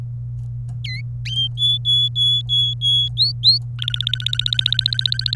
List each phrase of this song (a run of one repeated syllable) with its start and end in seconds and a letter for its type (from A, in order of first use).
0.84-1.01 A, 1.57-3.08 B, 3.17-3.58 C, 3.79-5.35 D